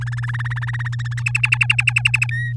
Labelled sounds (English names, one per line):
Domestic Canary song